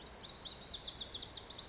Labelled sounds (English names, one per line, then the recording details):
Lazuli Bunting
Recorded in Sonoma County, California